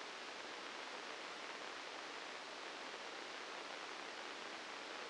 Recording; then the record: brain microelectrode recording played as sound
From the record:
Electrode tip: outside the subthalamic nucleus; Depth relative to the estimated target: -3 mm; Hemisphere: left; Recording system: NeuroSet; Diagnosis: Parkinson's disease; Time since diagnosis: 9 years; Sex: male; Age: 56 years